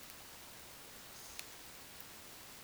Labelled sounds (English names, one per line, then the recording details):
Eurasian Woodcock whistle
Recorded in Baden-Württemberg, Germany, on 10 June 2020 at 20:18 UTC
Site 45520, 595 m above sea level